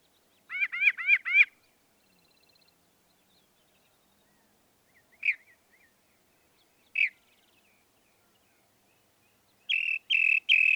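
Northern mockingbird song: a rapid burst of four rising and falling notes, then isolated chip-like notes, and finally three buzzy notes.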